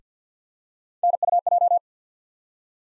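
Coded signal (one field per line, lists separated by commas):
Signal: Morse code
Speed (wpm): 50 wpm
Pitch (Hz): 700 Hz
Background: none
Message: NUJ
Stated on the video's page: Morse practice of three-letter USA callsign postfixes at 50 wpm for head copy.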